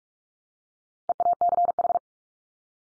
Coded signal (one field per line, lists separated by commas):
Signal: Morse code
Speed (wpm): 44 wpm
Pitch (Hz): 700 Hz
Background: none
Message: EACH